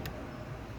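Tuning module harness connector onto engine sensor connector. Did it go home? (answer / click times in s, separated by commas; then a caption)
yes / 0.1 s. A plastic wiring-harness connector for a piggyback tuning module, a JB4 on a BMW, is pushed onto the engine sensor connector. A sharp click sounds at 0.1 s over a steady low hum. The connector is seated.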